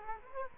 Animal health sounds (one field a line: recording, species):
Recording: mosquito wingbeat signal from an infrared sensor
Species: Culex quinquefasciatus